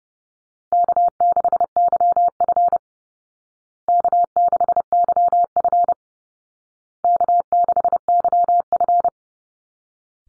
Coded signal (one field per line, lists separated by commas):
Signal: Morse code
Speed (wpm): 30 wpm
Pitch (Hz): 700 Hz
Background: none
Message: K6YF K6YF K6YF